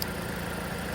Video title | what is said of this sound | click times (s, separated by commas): A/C ReCharge Jeep Patriot 07 08 09 10 11 12 13 14 15 16 17 2010 2011 2012 2013 2014 2015 2016 2017 | Just press this onto the port until it clicks like this. | 0.0 s